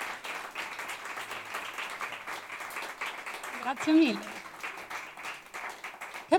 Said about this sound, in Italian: Che bello applauso.